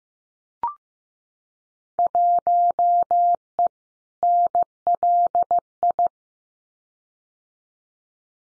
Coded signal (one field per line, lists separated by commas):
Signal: Morse code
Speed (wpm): 15 wpm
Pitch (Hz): 700 Hz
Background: none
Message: 1E NLI